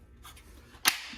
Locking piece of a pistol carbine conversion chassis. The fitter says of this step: gonna lock that down